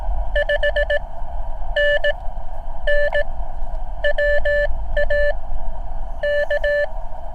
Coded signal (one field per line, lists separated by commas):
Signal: Morse code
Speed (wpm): 18 wpm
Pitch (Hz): 580 Hz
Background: none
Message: 5NN WA K